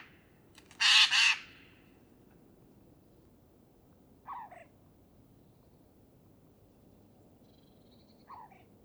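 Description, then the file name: Eurasian jay with one loud, harsh double screech near the start, followed by long quiet gaps and two faint short rasping notes later on. "Garrulus glandarius"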